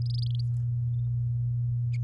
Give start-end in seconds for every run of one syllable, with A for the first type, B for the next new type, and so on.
0.02-0.41 A